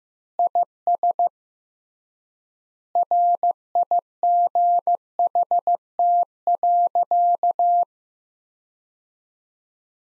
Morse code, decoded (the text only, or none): IS RIGHT.